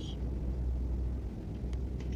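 A SATA data cable plug is handled at one of four motherboard ports, ready to be pushed in, over a steady low rumble with a few faint short ticks. Nothing has seated or clicked yet; the clip ends just before the cable goes home.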